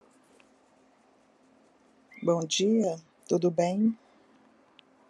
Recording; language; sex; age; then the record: spoken sentence; Brazilian Portuguese; female; 60 to 69 years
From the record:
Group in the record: control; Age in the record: 61 years